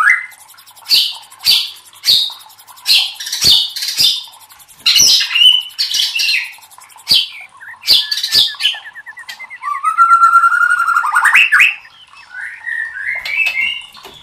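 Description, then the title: White-rumped shama song with repeated sharp rasping bursts in a steady series, followed by a quick series of whistled notes rising in steps and a fluty closing phrase. Used to train cage birds (masteran). "MASTERAN MURAI BATU LABAIK"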